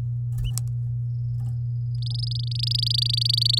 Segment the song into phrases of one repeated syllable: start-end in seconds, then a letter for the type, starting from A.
1.94-3.59 A